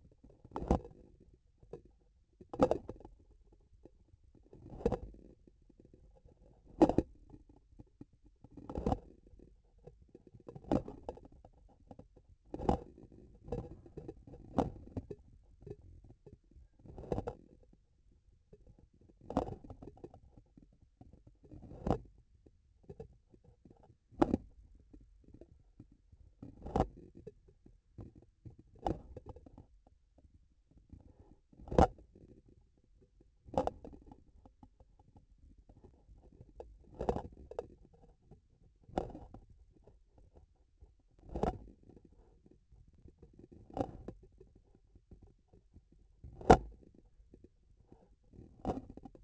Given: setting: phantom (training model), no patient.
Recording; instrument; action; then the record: laparoscopic instrument, vibration sensor on the handle end; grasping forceps; opening and closing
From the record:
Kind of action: tool actuation without material contact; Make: Olympus